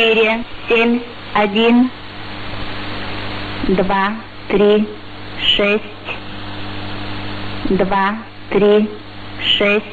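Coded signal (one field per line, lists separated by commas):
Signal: numbers station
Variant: S06s, Russian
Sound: female voice reading short words at regular intervals, over steady radio hiss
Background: radio static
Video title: 28 11 2018 S06s Russian Lady Numbers station in Russian to Eu 0830 on 9262 & 11535 unknown tx site U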